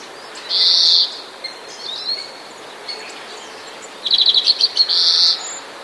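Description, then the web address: European greenfinch call: a long nasal buzzy wheeze, soft scattered notes, then a rapid stuttering trill of chirps followed by a second drawn-out buzz, over steady hiss. Sound presented among borrowed, mimicked sounds on a page about the marsh warbler. "wroblowe zapozyczenia dzwoniec"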